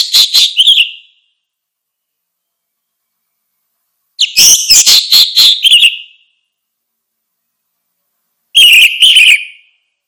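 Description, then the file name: Orange-headed thrush singing three short, rich phrases of rapid whistles and trills, with quiet gaps between them. "suara kicau burung anis merah"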